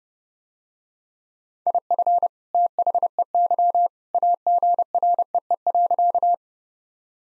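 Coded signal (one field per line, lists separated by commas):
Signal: Morse code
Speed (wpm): 30 wpm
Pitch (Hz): 700 Hz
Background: none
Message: IF THEY AGREE.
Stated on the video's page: Morse practice drill of sentences built from common two-word phrases, sent at 30 wpm for head-copy.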